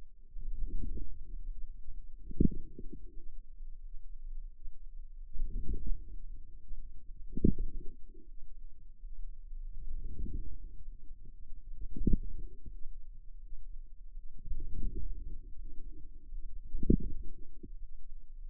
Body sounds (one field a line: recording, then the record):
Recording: forearm muscle sounds (acoustic myography)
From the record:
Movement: outward rotation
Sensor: system 2, bracelet of six BSWA MPA416 microphones around the upper forearm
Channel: 3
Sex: female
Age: 23 years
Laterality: right